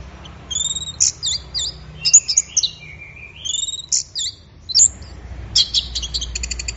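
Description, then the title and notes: Orange-headed thrush song, varied high whistles and slurred phrases, ending with a fast rattling series of clipped notes. Bird in full song (gacor), used for training songbirds. "Anis Merah Gacor Teler Untuk. Kumpulan Suara Burung Anis"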